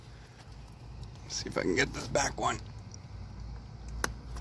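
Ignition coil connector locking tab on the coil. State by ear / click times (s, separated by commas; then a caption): released / 4.0 s. On a 2018 Ford F150 2.7 EcoBoost, during a spark plug change, the white locking tab on the plastic connector of the back ignition coil is pulled out by hand. Someone talks, then the tab gives one sharp click as it releases open at 4.0 s.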